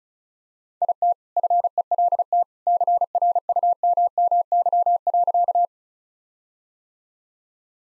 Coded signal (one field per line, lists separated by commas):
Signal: Morse code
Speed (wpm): 34 wpm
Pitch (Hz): 700 Hz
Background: none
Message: IT FELT CRUMMY.